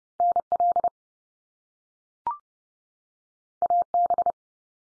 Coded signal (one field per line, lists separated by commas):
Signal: Morse code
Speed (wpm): 30 wpm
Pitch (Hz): 700 Hz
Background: none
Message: NL AB